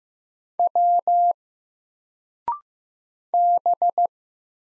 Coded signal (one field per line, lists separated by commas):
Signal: Morse code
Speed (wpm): 15 wpm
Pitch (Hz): 700 Hz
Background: none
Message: W B